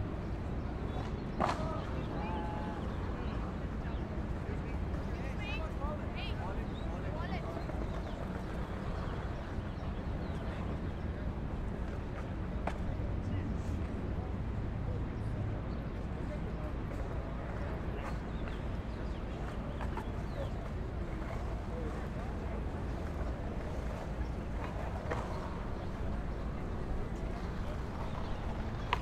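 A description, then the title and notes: Ambient sound of a busy city square: a steady, dense wash of crowd chatter over a low rumble of traffic that holds at an even level throughout. Scattered brief clicks and sharper sounds pop up every few seconds, with voices blending into the general murmur. Union Square, San Francisco, CA. Ambient sound of Union Square. Recorded with Zoom H6, using X/Y Mic Capsule at 120 Degrees wide.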